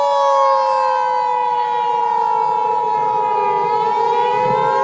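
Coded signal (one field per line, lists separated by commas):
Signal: Emergency Alert System (SAME) tones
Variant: 853 and 960 Hz attention tone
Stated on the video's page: Fictional EAS scenario about a dinosaur resurrection.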